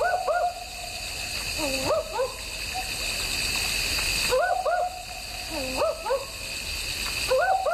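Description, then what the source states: Barking Owl giving doubled, dog-like 'wook-wook' barks, the pairs recurring every couple of seconds over steady background noise. Played on radio as a mystery sound; sounds like a dog barking.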